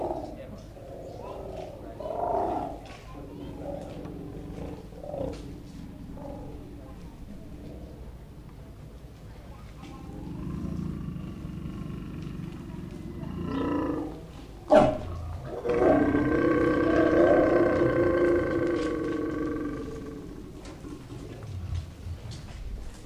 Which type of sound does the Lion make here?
call